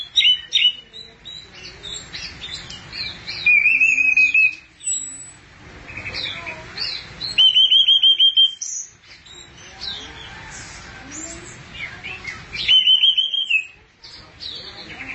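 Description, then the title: Thrush song: rapid chirps and several loud buzzy trilled phrases repeated every few seconds, mixed with varied whistles. "burung anis x"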